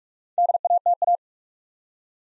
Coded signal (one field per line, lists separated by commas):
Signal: Morse code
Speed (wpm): 44 wpm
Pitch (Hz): 700 Hz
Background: none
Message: DATA